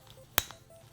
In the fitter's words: and then you hear that and it's released and it loosens up and you just slide the shoe off